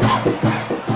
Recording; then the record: coughing mixed with background sound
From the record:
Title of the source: Cough Around the Clock!